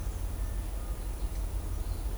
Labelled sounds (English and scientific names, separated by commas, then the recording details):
none
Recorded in shrubland near Pivijay, Magdalena, Colombia, on 3 June 2023 at 09:30
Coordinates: 10.453, -74.365
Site P5-G022